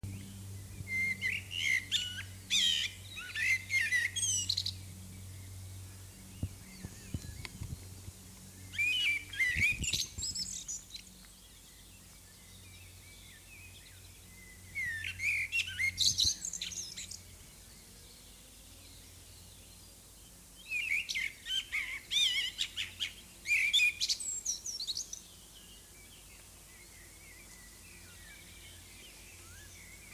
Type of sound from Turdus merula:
song